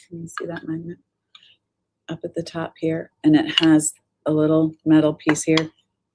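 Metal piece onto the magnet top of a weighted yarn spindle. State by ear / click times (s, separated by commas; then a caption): not seated / none. Someone talks while handling a weighted yarn spindle, a Pendle, whose yarn is held by a firm magnet at the top, and its little metal piece is brought toward that magnet. Only faint, brief ticks are heard between the talking. The metal piece has not yet clicked into place on the magnet.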